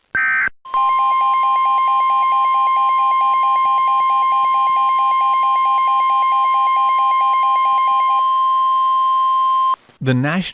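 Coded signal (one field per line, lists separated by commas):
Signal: Emergency Alert System (SAME) tones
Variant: 1050 Hz attention tone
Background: speech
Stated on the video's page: Fictional EAS scenario built with original EAS tones, J-ALERT and TTS voices, produced in MAGIX Movie Studio, Audacity and Balabolka.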